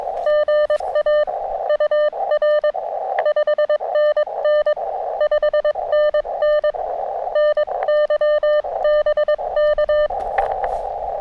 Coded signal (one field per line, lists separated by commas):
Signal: Morse code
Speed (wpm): 21 wpm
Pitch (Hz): 600 Hz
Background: none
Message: GA UR 5NN 5NN NY BK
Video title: Finally....a little POTA now that the weather is cooperating!